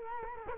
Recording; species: mosquito wingbeat signal from an infrared sensor; Culex quinquefasciatus